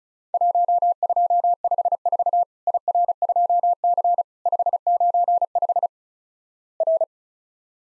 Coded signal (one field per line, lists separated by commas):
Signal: Morse code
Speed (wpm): 34 wpm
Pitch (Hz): 700 Hz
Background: none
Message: 1254 IR2C 595 R